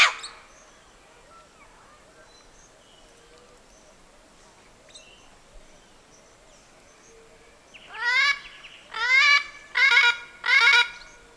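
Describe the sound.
Bird calls: mostly quiet at first, then four loud harmonic notes close together near the end.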